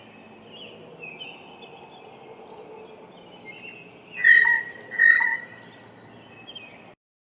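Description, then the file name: Blue jay giving two clear, ringing calls close together near the middle, with soft twittering of other birds before them. "Blue Jay - Cyanocitta cristata"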